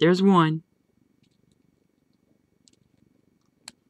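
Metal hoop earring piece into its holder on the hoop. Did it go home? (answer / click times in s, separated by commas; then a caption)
yes / 3.7 s. Someone talks briefly at the start, followed by a low, soft rumble and faint ticking as a metal hoop earring piece is turned on the hoop. At 3.7 s a sharp, bright pop is heard as the second side of the piece snaps into its holder on the hoop, seating it securely.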